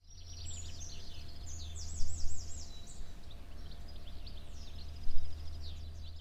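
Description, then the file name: Birds singing: high, thin whistled phrases, some slurred up and down in quick loops, over a steady low hum. Spring morning birdsong. "Spring Morning Birds Oiseaux Reveil Printemps"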